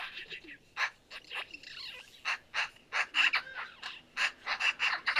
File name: Pica pica